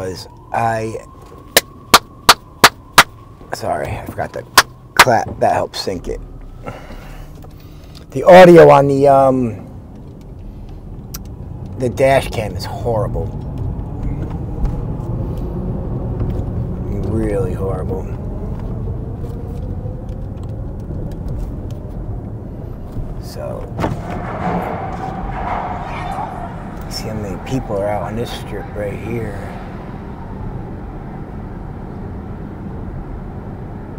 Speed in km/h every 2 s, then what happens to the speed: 0, 0, 0, 3, 0, 0, 6, 8, 6, 5, 10, 15, 19, 21, 29, 27, 31.
0-10 standing. 10-13 pulls away to 8. 13-18 steady at about 6. 18-34 speeds up to 31.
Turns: none.